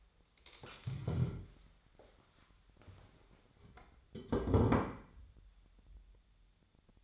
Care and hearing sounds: daily activity, microphone in the room; stand up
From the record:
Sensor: 3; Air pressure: 1015.2 hPa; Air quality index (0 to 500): 140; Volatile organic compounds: 7 ppm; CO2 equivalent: 1988 ppm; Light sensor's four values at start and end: 15/38/15/16 and 15/38/15/16

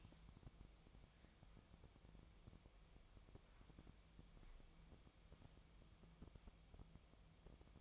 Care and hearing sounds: daily activity, microphone in the room; wipe stove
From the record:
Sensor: 1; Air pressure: 1004.8 hPa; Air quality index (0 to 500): 80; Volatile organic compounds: 2 ppm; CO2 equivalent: 1069 ppm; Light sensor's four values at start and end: 9/23/9/10 and 9/23/9/10

